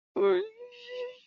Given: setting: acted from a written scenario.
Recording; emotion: vocal sound without words; pain